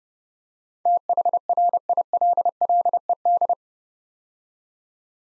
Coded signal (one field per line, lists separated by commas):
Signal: Morse code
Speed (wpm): 30 wpm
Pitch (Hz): 700 Hz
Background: none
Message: THRILLED